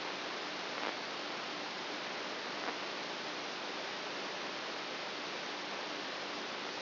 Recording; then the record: brain microelectrode recording played as sound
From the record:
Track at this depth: inside the subthalamic nucleus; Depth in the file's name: 4.84 mm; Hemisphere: right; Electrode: 2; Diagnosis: Parkinson's disease